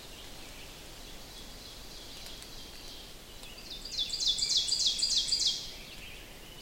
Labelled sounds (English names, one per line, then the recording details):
Ovenbird song
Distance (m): 25 m
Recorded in boreal forest in Alberta, Canada, on 4 June 2016 at 05:36
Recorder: SongMeter 3, array SBT-3-51
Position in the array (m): 236 m, 10 m
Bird 27